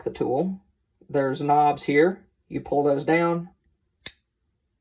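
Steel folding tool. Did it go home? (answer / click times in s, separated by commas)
released / 4.1 s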